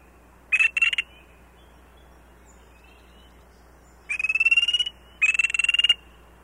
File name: Spring Peeper